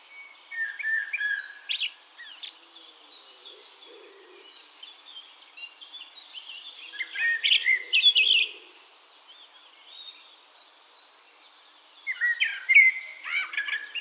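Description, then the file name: Eurasian blackbird song: three warbling phrases spaced several seconds apart, each mixing whistles with high scratchy twittering, over faint background chirping. "Turdus merula"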